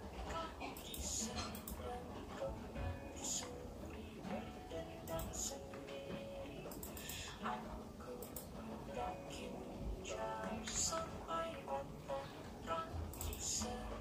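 Light rain patters steadily under a soft song playing in the background, its sustained notes weaving through the mid range. Sharp, bright keyboard-like taps break through every second or two, sometimes in quick clusters, over a dense, unchanging hiss.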